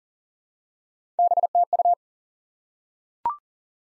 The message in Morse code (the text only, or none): BTU